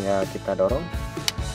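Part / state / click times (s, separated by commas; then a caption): fog lamp switch into dashboard switch panel / seated / 1.3 s. A new fog lamp switch is pushed into its slot in the dashboard switch panel of a 2007–2012 Grand Livina while someone talks over background music. A single sharp click at 1.3 s marks the switch seating in the dash panel.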